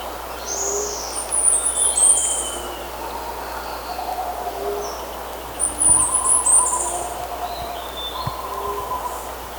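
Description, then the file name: Bird calls: two bouts of shrill, high twittering notes a few seconds apart, with scattered low tonal notes and background hiss throughout. "SABIOD 50 bird 2015"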